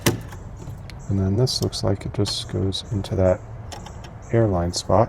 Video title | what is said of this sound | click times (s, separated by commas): Unboxing the Makera Carvera Air Desktop CNC [like a banana] | is magnetic, I believe, so it should just clip there, which is really nice. | 0.1 s